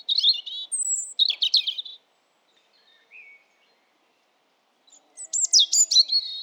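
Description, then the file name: European robin singing varied high phrases of warbling and trilled notes, a pause with a couple of soft notes, then another fast, glittering phrase. "Erithacus rubecula"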